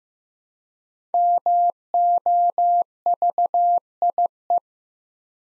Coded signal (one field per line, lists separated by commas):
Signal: Morse code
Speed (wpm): 15 wpm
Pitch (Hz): 700 Hz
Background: none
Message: MOVIE